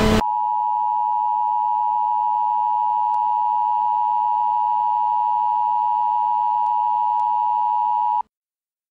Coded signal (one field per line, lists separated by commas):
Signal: Emergency Alert System (SAME) tones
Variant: 853 and 960 Hz attention tone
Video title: the eas tones but the background noise is louder than the actual tones